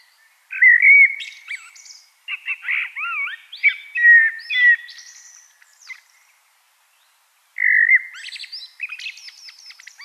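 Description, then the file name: Common blackbird song with mellow whistled notes sliding into chattering twitters, a long run of phrases, then a short pause before another phrase. "Turdus merula"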